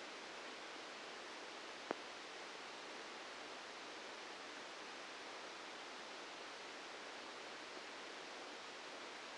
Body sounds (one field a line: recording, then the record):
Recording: brain microelectrode recording played as sound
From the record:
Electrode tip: outside the subthalamic nucleus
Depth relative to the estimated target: 4 mm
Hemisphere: left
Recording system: NeuroSet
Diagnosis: Parkinson's disease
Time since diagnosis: 8 years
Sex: male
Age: 65 years